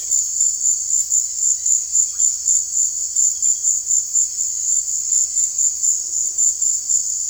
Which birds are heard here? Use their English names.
none